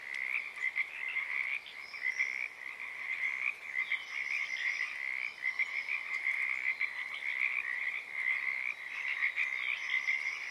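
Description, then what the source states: Pacific tree frogs croaking together, a thick steady chorus of raspy pulsed calls with brief dips in volume. Chorus starting and stopping at Oaks Bottom Wildlife Refuge, Portland, Oregon, USA, on the morning of Friday April 7, 2023; uncommon at that time of day.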